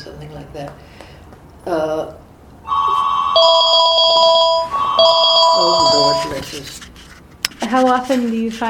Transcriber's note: phone ringing